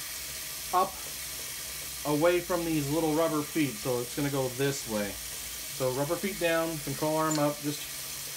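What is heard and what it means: Someone talks while handling the water pump for a PetSafe Drinkwell Platinum pet fountain, holding it with the rubber feet down and the control arm up and twisting it toward its housing in the plastic fountain base. A steady hiss runs underneath the voice. Nothing has seated or clicked yet; the clip ends before the pump goes home.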